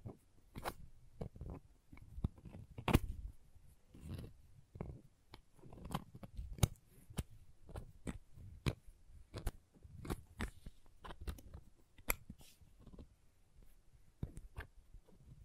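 Crayons tap and scrape in a busy, irregular run of short clicks and gritty strokes, coming every half second or so throughout. Sharp bright ticks stand out near 3, 6.5, 10 and 12 seconds, with low rubbing and soft thuds filling between them.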